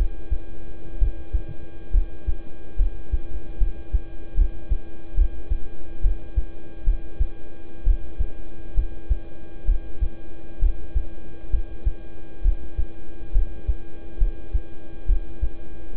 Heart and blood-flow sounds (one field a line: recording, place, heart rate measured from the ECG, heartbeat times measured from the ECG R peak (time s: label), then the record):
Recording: heart sounds by stethoscope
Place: between the tricuspid and mitral areas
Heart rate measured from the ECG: 68 bpm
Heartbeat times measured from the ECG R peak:
0.98 s: heartbeat
1.91 s: heartbeat
2.76 s: heartbeat
3.58 s: heartbeat
4.34 s: heartbeat
5.15 s: heartbeat
6.01 s: heartbeat
6.84 s: heartbeat
7.84 s: heartbeat
8.74 s: heartbeat
9.65 s: heartbeat
10.59 s: heartbeat
11.50 s: heartbeat
12.42 s: heartbeat
13.32 s: heartbeat
14.18 s: heartbeat
15.06 s: heartbeat
15.93 s: heartbeat
From the record:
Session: rest, lying down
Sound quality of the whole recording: good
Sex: male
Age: 26 years